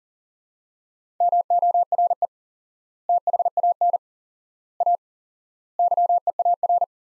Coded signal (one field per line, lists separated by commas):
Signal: Morse code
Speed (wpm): 40 wpm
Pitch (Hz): 700 Hz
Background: none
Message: MORE THAN A YEAR